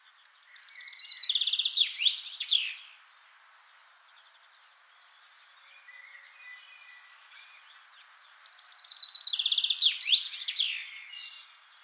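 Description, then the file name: Common chaffinch singing twice, about eight seconds apart, each a rattling descending run of notes ending in an emphatic flourish, with quieter birds calling in between. "Fringilla coelebs"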